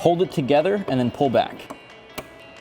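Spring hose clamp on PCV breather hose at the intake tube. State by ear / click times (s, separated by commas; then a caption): released / 2.2 s. Someone talks while a spring hose clamp on the PCV breather hose at the intake tube of a 2010-2014 Mustang GT is pinched with pliers and pulled back off the hose fitting. A sharp click at 2.2 s marks the clamp clicking open and releasing.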